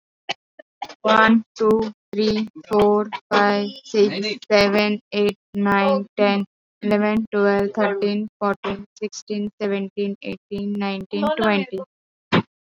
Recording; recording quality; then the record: counting at a normal pace; excellent, no background noise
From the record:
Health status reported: healthy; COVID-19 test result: not tested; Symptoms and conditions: none ticked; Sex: female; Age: 31 years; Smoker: not ticked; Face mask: worn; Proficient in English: yes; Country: India